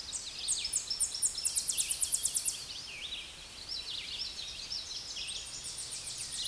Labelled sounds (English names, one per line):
Tennessee Warbler song